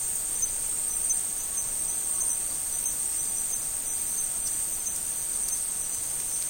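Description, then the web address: Insects stridulating, a continuous piercing high whine with slight flutter, steady throughout. Tropical forest insects. "Tom Hutchings Insects Tropical 3"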